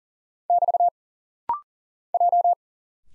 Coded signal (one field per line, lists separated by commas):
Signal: Morse code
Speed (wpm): 40 wpm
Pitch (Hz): 700 Hz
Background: none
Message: <BT> J